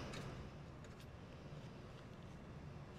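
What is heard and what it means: A network card and its riser parts are lined up in the back of an HPE ProLiant DL380 Gen9 rack server before being pushed into the slot. Only soft handling and rustling noise is heard over a steady low hum. Nothing has seated or clicked yet.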